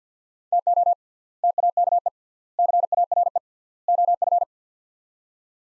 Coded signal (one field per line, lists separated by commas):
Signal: Morse code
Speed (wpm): 50 wpm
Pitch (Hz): 700 Hz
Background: none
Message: TO TAKE CARE OF